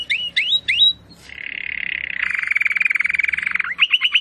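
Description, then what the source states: Domestic canary singing three upslurred whistles, then a long rolling trill that grows louder, finishing with a few quick notes. Belgian canary (Campainha), singing.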